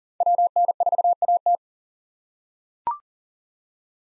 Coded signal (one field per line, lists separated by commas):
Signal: Morse code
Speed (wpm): 39 wpm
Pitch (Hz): 700 Hz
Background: none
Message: WN4AT